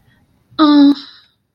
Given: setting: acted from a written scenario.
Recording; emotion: vocal sound without words; awe